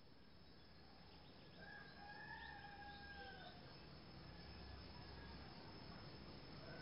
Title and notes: Early morning sounds (chickens, birds, crickets) of the countryside east of Ubud on the island of Bali, Indonesia. Dec 28 2006